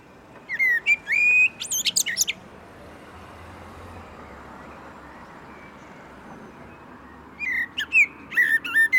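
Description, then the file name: Common blackbird song: a whistled phrase with a high squeaky ending, then a pause filled with low rumbling background noise, then another phrase of whistles and twitters. "Turdus merula"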